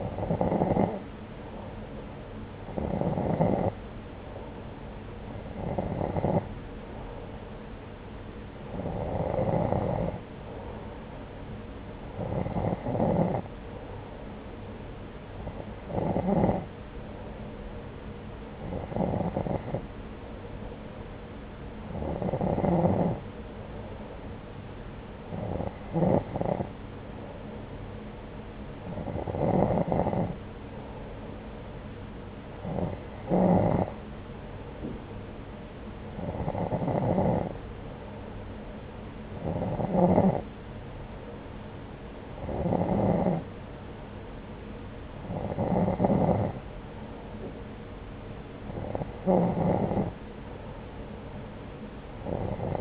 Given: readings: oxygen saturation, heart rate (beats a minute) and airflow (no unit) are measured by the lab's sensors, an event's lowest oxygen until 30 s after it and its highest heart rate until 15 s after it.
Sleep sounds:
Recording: breathing in sleep by a voice recorder at the bedside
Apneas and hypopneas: none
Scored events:
none scored
From the record:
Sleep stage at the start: N2 (light sleep)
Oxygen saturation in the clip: 90 to 92%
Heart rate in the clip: 66 to 77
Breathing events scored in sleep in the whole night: 303 in 8.1 hours asleep

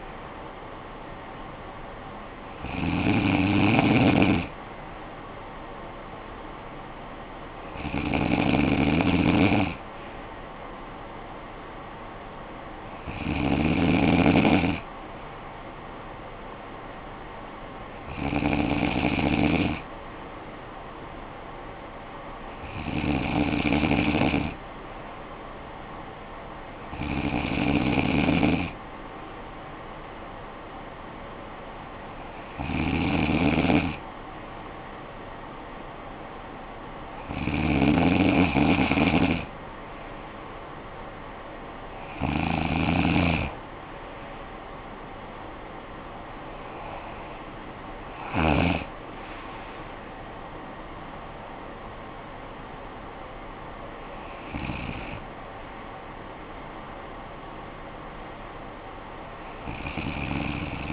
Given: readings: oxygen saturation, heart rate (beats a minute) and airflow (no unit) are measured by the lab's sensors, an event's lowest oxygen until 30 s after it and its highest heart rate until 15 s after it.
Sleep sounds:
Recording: breathing in sleep by a voice recorder at the bedside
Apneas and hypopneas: none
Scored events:
none scored
From the record:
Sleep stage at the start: N3 (deep sleep)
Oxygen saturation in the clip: 95 to 96%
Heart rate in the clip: 53 to 69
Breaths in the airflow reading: 11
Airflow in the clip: -13.5 to 9.8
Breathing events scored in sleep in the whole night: 445 in 7.6 hours asleep

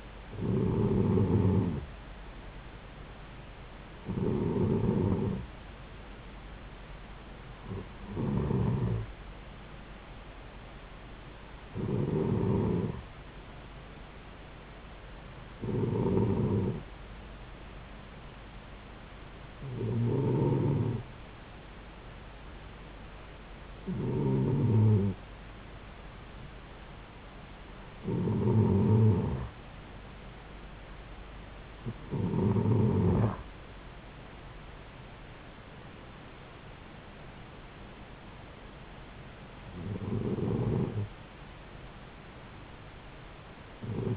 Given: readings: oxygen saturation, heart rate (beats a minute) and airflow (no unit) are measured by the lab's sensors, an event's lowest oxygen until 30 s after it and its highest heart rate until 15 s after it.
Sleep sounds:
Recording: breathing in sleep by a voice recorder at the bedside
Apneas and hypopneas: none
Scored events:
none scored
From the record:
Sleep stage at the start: N2 (light sleep)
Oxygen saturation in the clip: 92 to 94%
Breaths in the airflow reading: 11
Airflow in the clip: -4.5 to 6.4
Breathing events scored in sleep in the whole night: 270 in 6.1 hours asleep

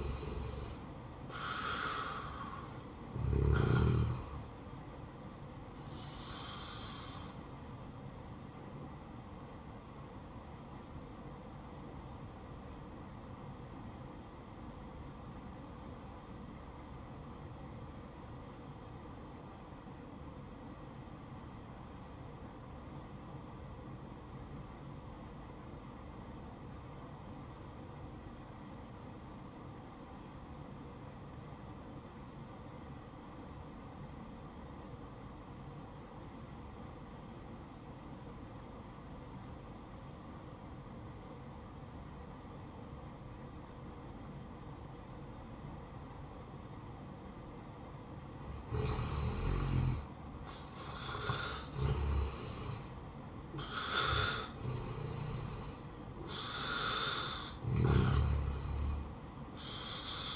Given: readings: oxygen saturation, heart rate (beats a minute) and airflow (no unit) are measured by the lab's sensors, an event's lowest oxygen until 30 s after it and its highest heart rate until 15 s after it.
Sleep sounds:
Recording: breathing in sleep by a smartphone at the bedside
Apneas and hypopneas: 1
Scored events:
8.00-49.50 s: obstructive apnea (REM, oxygen 93% highest, then 74% lowest, heart rate 72 at the start, 76 highest)
From the record:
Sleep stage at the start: REM sleep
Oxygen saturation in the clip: 72 to 93%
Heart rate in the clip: 55 to 83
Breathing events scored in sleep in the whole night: 573 in 9.8 hours asleep

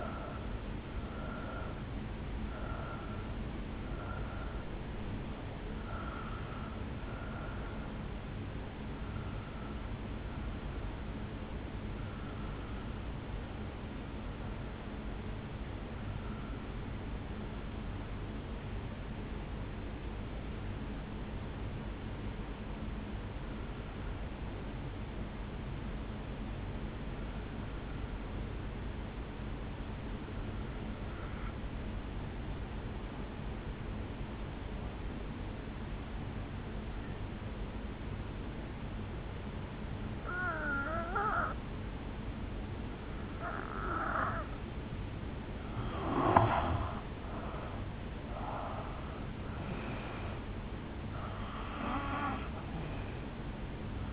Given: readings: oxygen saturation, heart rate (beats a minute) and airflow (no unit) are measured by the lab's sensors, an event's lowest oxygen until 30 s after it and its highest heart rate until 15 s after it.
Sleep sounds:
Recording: breathing in sleep by a voice recorder at the bedside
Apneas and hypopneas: 1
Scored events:
15.00-46.60 s: obstructive apnea (N1, oxygen 98% highest, then 84% lowest, heart rate 54 at the start, 70 highest)
23.00-54.13 s: new sleep stage, N2 (light sleep)
From the record:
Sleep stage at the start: N1 (lightest sleep)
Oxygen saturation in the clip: 83 to 98%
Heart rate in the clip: 53 to 72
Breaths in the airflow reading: 7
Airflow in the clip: -7.7 to 5.9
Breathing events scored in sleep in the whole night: 449 in 7.0 hours asleep

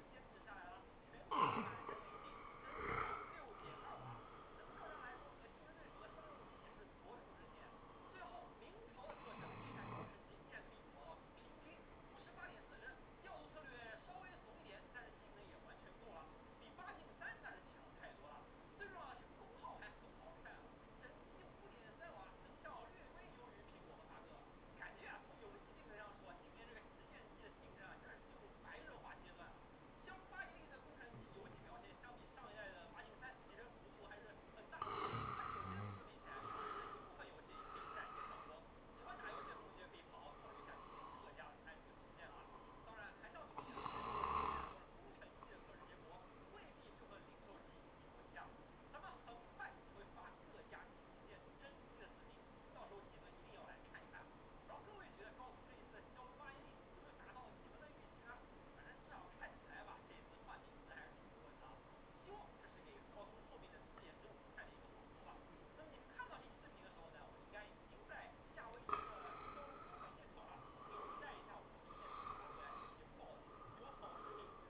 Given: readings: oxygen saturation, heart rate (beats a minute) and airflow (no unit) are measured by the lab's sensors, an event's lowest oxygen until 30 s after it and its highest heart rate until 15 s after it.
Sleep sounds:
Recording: a person awake in a sleep study, by a voice recorder at the bedside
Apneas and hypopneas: none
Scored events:
0.00-74.70 s: awake
From the record:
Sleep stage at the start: awake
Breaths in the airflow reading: 25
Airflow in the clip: -0.7 to 0.7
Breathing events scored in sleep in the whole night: 403 in 5.5 hours asleep

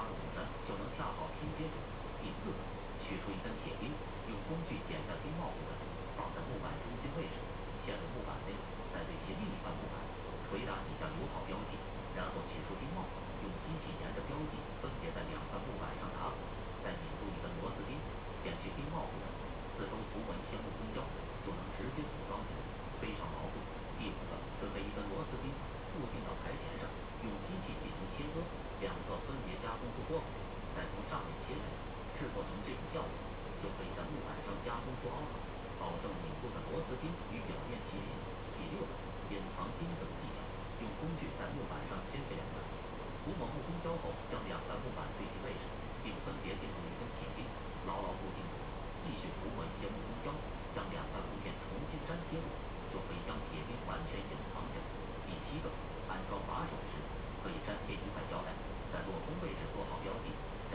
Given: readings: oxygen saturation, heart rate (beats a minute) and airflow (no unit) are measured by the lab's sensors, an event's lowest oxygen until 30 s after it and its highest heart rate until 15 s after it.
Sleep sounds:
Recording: a person awake in a sleep study, by a voice recorder at the bedside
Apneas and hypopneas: none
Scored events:
0.00-60.74 s: awake
From the record:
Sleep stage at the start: awake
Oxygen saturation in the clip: 92 to 93%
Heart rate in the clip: 63 to 68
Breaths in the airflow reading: 20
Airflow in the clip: -6.9 to 5.7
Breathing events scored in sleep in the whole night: 476 in 9.7 hours asleep

